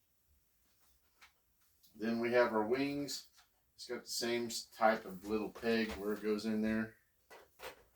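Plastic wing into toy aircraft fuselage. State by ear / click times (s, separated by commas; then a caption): not seated / none. A plastic toy wing with small pegs is handled near the toy aircraft fuselage it snaps into, while someone talks through most of the clip. Only faint small handling sounds come through, around 1.2 and 1.8 seconds. Nothing has seated or clicked yet.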